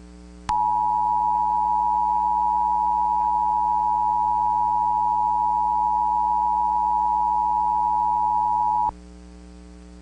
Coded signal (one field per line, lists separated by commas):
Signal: Emergency Alert System (SAME) tones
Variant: 853 and 960 Hz attention tone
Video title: EAS EAN - Realistic